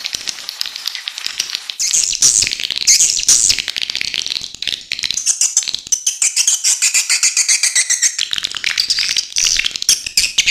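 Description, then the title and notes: Swiftlet twittering: high chirps and buzzy trills over rapid clicking, with a rhythmic run of short bursts toward the end. Swiftlet calls used as a lure sound in swiftlet bird farming, Asia. "Swiflet Bird Sound. Farming Swiflet Bird asia sound"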